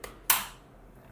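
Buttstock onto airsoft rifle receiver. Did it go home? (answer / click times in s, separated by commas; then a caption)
yes / 0.3 s. The buttstock of an E&C 854 airsoft rifle is pushed back onto the receiver and pulled until it locks. After a faint tick near the start, a sharp click at 0.3 s marks it seating. The stock is locked in place and will not come off when pressed.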